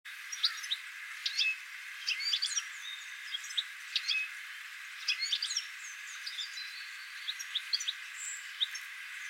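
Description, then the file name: European goldfinch twittering steadily, rapid metallic chirps in repeated clusters of several notes, sometimes overlapping, with faint hiss behind. "Carduelis carduelis"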